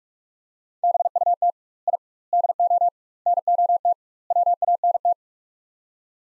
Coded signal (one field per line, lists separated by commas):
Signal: Morse code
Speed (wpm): 41 wpm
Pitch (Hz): 700 Hz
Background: none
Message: BUT I DO NOT WANT